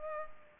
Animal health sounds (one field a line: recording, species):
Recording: mosquito wingbeat signal from an infrared sensor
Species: Culex pipiens